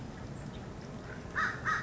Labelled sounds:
American Crow

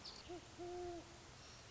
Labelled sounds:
Great Horned Owl

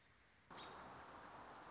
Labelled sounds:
American Robin

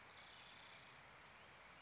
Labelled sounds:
Spotted Towhee

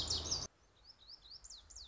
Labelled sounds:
Lazuli Bunting

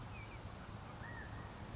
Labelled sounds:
California Quail

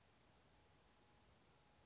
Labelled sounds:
Western Flycatcher

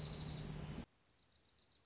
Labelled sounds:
Dark-eyed Junco

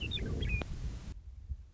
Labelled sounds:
Western Meadowlark

